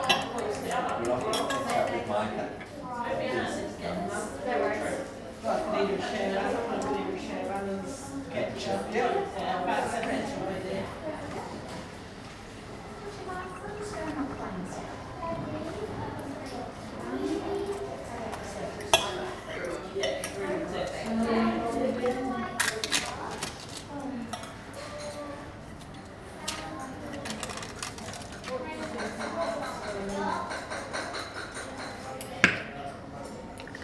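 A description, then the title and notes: Lunchtime in an English tea room: a steady hubbub of overlapping voices with frequent clinks of cutlery, cups and dishes, some sharp ones near the end. A small English Tea room at lunchtime. Autumnal sunshine is beaming through the windows, with some dark clouds in the distance as a warning of the impending rain. Lunchtime in an English Tea Room.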